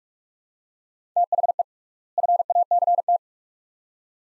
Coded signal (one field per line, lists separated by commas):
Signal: Morse code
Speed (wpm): 41 wpm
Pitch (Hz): 700 Hz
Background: none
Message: THE FACT